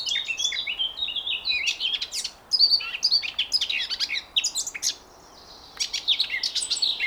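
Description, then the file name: Eurasian blackcap song: rich, hurried warbling with fluty whistles, broken by two short silences. "Sylvia atricapilla"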